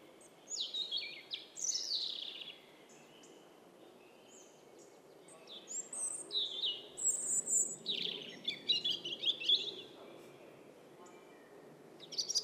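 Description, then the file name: European robin song: several high, rapid phrases of sliding whistles and trills, a short gap, then a longer run of varied sparkling notes. "Erithacus rubecula"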